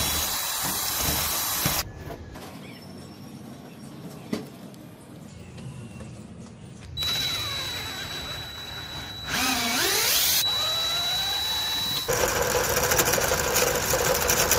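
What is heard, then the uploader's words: Forging a rusty hook into a trident: abrupt cuts between loud grinding and drilling noise, a sharp clank, a steady whine, and a rising-falling whir. Forging POSEIDON'S TRIDENT Out of Rusty Hook.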